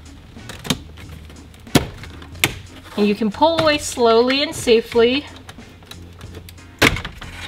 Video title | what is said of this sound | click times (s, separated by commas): A new GIANT Head Unit for my Toyota Tacoma! - Stinger Heigh10 Install + Review | and you'll just hear it pop and | 1.8 s, 2.4 s